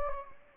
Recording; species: mosquito wingbeat signal from an infrared sensor; Anopheles gambiae